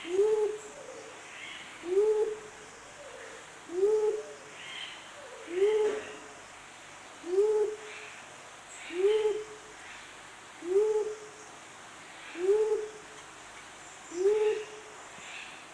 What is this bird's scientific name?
Gallicolumba crinigera